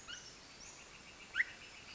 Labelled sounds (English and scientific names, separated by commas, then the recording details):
Northern Flicker (Colaptes auratus)
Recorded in Sonoma County, California